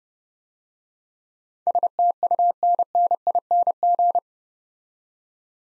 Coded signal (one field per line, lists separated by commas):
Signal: Morse code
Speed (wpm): 30 wpm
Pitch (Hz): 700 Hz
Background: none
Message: STUNNING